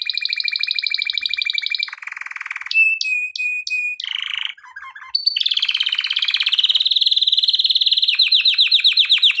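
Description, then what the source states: Canary song, alternating buzzy rolls, a clear whistle punctuated by sharp clicks, short chattering notes, and a long loud rolling trill ending in repeated notes. Intended for training canaries.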